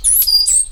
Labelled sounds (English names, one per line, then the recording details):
Stitchbird song
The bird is a male
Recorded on Tiritiri Matangi Island, New Zealand, in 2005
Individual 8, of nest box 10